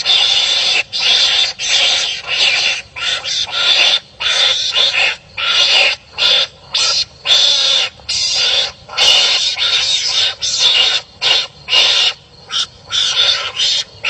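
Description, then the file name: Mongoose rasping in a quick, uneven train of breathy, grating bursts, short ones mixed with longer ones, with brief gaps between them. "tieng cay mangut keu"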